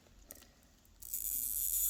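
A safety needle is pushed down and pulled out of a just-placed IV cannula's catheter, and its safety guard gives a short, sharp click at 0.3 s as it engages and locks. From about 1.0 s, a louder, steady high-pitched hiss fills the rest of the clip.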